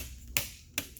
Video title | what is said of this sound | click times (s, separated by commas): Laptop screen replacement / How to replace laptop screen HP Stream 14-cb164wm | hear it snap into place | 0.4 s, 0.8 s